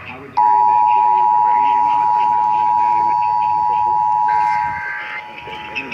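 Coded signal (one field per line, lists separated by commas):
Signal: Emergency Alert System (SAME) tones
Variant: 853 and 960 Hz attention tone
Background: speech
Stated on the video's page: Broadcast radio Required Weekly Test from a Sacramento-area AM station and Required Monthly Tests for Orange County, California, on other stations.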